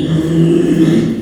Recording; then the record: squeal of a Yucatan mini pig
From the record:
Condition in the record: after surgery on the right vocal fold (resection and tissue-engineered implant); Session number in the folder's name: 2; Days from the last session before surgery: 13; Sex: male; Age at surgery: 12 weeks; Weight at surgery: 13 kg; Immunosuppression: cyclosporine, prednisolone